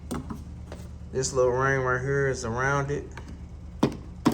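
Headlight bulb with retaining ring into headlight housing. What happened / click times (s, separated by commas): The bulb and its retaining ring are handled but not yet seated / none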